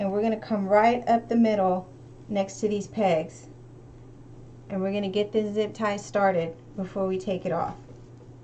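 Someone talks while a plastic zip tie's tail is fed toward its ratchet head around a deco mesh wreath bow still on the bow maker, coming up the middle next to the pegs to get it started. A steady low hum runs underneath. The tie has not caught or clicked yet.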